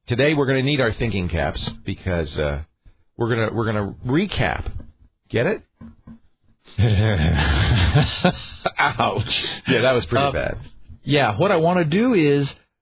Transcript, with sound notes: Today we're going to need our thinking caps because we're going to recap. Get it?
[Laughing] Ouch.
Yeah, that was pretty bad.
Yeah. What I want to do is